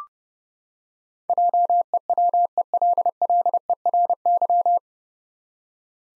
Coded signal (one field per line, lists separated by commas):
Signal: Morse code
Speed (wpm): 32 wpm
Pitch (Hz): 700 Hz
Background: none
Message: JEWELLERY